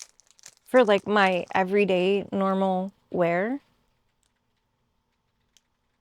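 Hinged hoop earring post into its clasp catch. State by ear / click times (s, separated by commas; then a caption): seated / 5.6 s. Someone talks over a few faint crinkling ticks, then goes quiet while handling a stainless steel hinged hoop earring. The hinged post snaps shut into its clasp catch with a small click at 5.6 s, seating it.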